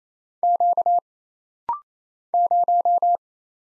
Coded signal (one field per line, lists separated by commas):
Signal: Morse code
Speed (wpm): 27 wpm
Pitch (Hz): 700 Hz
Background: none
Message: Q 0